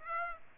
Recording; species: mosquito wingbeat signal from an infrared sensor; Aedes aegypti